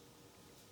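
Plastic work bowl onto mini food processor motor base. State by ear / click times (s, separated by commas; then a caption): not seated / none. A plastic work bowl is set on the motor base of a Cuisinart Mini Prep food processor and turned gently counterclockwise toward the bowl lock. Only a steady, even low-frequency noise is heard, with no sharp sounds. Nothing has clicked or seated yet.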